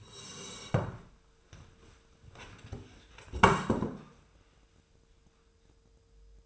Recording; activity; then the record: daily activity, microphone in the room; sit down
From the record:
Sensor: 2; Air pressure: 1005.2 hPa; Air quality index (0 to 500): 101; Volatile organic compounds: 2 ppm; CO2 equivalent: 1218 ppm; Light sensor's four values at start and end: 7/16/7/7 and 8/18/8/8